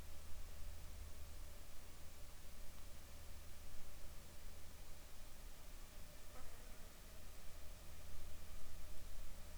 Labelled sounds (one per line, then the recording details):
insects
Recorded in the Arctic National Wildlife Refuge, Alaska, on 7 July 2019 at 19:31
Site 41